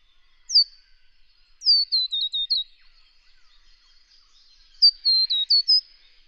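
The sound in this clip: Scarlet honeyeater singing bursts of high, descending tinkling notes, a single note then two strings of about five, separated by pauses.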